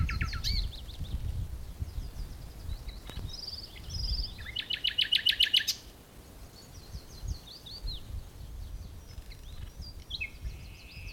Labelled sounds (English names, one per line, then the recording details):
Common Nightingale
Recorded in the wild
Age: adult
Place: Blankenfelde, Berlin, DE
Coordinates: 52.625, 13.404
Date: 1992-04-25 11:26
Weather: böiger Wind, 16-23°C
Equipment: Nagra SN, Mikrofon AKG CK 8, Kopie Tesla B 116
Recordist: Tembrock, Günter
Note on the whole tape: Weg zu den Arkenbergen; Gesang (kurz),dann Laute beim Jagen eines anderen Exemplas